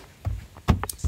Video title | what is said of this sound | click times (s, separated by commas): How to Remove Door Panel & Replace a Bad Door Stopper | and push the trim until you hear the click sound | 0.8 s, 0.9 s